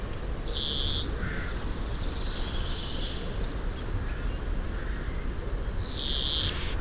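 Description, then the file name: European greenfinch giving three drawn-out, nasal buzzy wheezes, one early, one in the middle and one near the end, against a low continuous rumble. "Chloris chloris"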